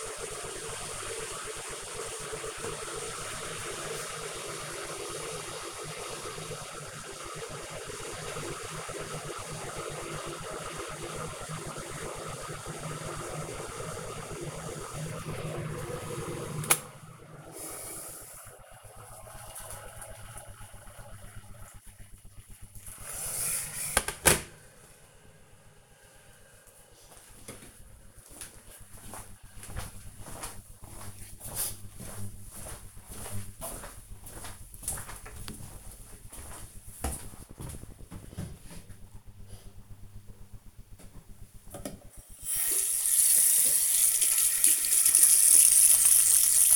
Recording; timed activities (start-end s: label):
household activities, microphone on the right wrist
0.00-24.14 s: making tea
40.27-46.76 s: washing hands